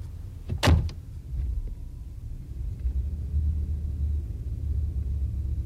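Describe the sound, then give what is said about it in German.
A car pulls up with a low, steady engine rumble throughout, broken early on by one sharp clunk like a car door. No one speaks. “Ihr Wagen ist vorgefahren.”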